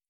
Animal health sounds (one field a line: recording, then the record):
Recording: hydrophone in a shrimp aquaculture tank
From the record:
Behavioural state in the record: feeding